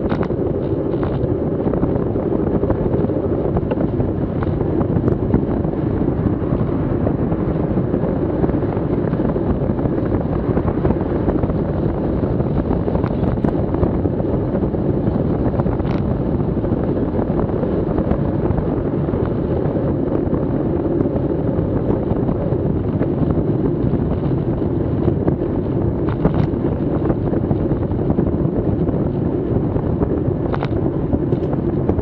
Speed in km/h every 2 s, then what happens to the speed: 33, 37, 39, 40, 41, 41, 41, 40, 38, 37, 36, 36, 35, 35, 35, 34.
0-7 speeds up to 41. 7-32 steady at about 36.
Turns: none.